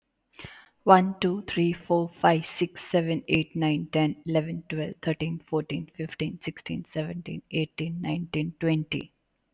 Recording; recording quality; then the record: counting at a fast pace; excellent, no background noise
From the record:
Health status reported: healthy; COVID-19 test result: negative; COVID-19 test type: RT-PCR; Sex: female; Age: 29 years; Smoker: no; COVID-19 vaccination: one dose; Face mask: not worn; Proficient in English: yes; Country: India